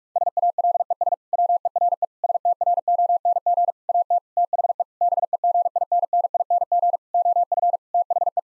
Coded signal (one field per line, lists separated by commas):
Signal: Morse code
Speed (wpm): 47 wpm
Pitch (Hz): 700 Hz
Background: none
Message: SALES WERE STRONG AT THE BEGINNING OF THE